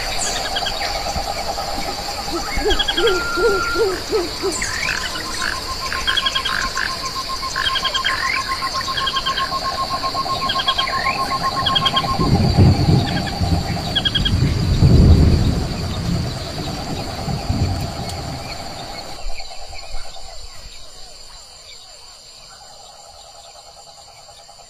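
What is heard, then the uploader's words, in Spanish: Tropical creatures call in the Misiones forest: a steady high insect whine runs throughout, layered with chirps, trills and croaking frog-like calls. Around twelve to sixteen seconds, low rumbling thumps swell up, and near nineteen seconds much of the chorus cuts out, leaving a thinner hum. El cantar del bicherío tropical registrado en la selva misionera.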